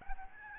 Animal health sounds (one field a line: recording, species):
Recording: mosquito wingbeat signal from an infrared sensor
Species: Aedes albopictus